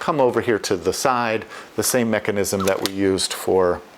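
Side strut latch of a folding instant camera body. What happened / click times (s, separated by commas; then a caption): Handled, not yet home: the folding mechanism has not locked open / none. Someone talks while handling the side strut latch of a Polaroid SX-70 Sonar folding instant film camera, retrofitted by Retrospekt, as the camera is being unfolded to lock open. Only speech with faint handling is heard. Nothing has seated or clicked yet.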